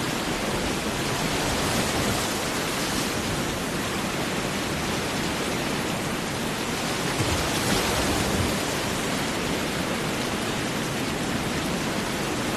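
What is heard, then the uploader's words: Heavy rain roars in a dense, steady hiss across the whole clip, with a faint low swell of ocean beneath and slight surges around eight seconds. Heavy rain and big ocean sounds. Heavy rain and ocean waves.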